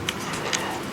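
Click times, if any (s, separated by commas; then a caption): 0.1 s, 0.6 s. A folding part or grip of a Ronin RS3 Pro camera gimbal stabilizer is closed into its mount during unboxing. Two sharp clicks sound at 0.1 s and 0.6 s over a steady low background, and the part seats correctly into place.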